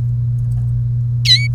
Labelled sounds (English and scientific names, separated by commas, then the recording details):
Domestic Canary (Serinus canaria) song
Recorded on 1 May 2018 at 09:20
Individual llb3